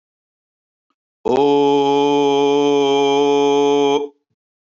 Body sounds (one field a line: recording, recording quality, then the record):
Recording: sustained vowel as in boot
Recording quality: excellent, no background noise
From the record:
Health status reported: healthy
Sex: male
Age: 52 years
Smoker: yes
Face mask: not worn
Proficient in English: yes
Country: India